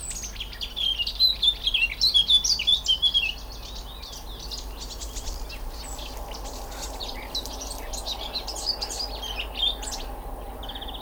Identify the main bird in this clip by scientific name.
Sylvia atricapilla